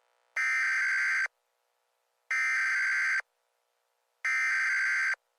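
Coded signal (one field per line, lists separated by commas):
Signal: Emergency Alert System (SAME) tones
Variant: header bursts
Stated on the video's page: Mock (simulated) Required Monthly Test alert.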